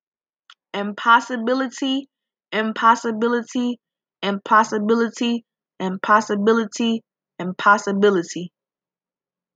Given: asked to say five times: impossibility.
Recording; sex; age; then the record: repeated word; female; 20 to 29 years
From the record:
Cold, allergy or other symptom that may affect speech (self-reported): no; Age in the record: 22 years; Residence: Michigan, United States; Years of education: 12